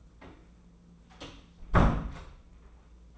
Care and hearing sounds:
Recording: daily activity, microphone in the room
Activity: close door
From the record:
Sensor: 1

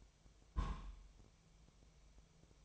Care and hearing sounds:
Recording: daily activity, microphone in the room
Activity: place on stove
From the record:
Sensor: 1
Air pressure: 999.4 hPa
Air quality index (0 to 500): 202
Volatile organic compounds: 44 ppm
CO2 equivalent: 3206 ppm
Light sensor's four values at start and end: 9/22/8/9 and 9/22/8/9

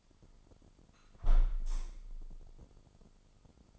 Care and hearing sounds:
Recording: daily activity, microphone in the room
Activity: close window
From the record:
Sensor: 5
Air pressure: 995.8 hPa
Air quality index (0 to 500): 106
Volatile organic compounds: 8 ppm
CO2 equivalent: 2061 ppm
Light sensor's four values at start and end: 40/98/40/41 and 40/98/40/41

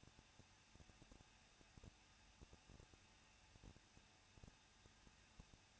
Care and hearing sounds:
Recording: daily activity, microphone in the room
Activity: no activity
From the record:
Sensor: 2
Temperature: 21.0 degrees Celsius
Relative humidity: 37.4%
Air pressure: 1006.2 hPa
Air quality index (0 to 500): 222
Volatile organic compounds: 24 ppm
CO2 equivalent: 2810 ppm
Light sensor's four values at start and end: 2/3/2/2 and 2/3/2/2

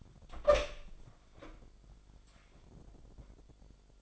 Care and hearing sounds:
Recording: daily activity, microphone in the room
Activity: open door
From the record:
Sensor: 5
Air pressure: 1007.2 hPa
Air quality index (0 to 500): 170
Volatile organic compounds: 4 ppm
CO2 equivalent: 1625 ppm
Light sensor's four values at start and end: 56/157/61/61 and 57/160/62/62

